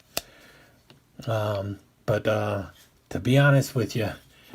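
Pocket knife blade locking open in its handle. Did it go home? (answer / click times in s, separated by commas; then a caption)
yes / 0.2 s. A click-lock blade is opened on a small multi-blade fishing pocket knife, about four inches closed, with a metal blade and lock spring, a synthetic handle, a gaff, a fish scaler, a cap lifter and a fish hook remover. At 0.2 s the blade snaps into its open, locked position with one sharp click and is called a nice click blade. Someone then talks.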